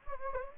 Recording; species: mosquito wingbeat signal from an infrared sensor; Anopheles gambiae